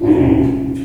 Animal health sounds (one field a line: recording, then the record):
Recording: squeal of a Yucatan mini pig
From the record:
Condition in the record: before surgery on the right vocal fold (resection and tissue-engineered implant)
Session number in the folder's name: 1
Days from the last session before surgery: -21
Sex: female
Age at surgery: 19 weeks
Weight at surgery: 25 kg